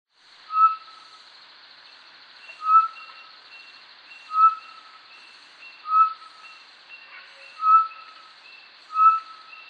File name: Batis mixta